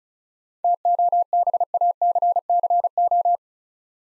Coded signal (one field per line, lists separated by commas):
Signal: Morse code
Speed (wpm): 36 wpm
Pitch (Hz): 700 Hz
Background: none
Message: TOBACCO